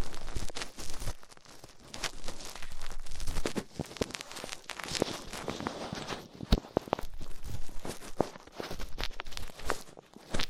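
Ear cleaning with latex gloves, a dental pick and cotton swabs: dense crinkly rubbing and scratching fills the whole clip, with frequent sharp clicks and squeaks. Loudness swells and dips irregularly, with brief quiet gaps near one and three seconds.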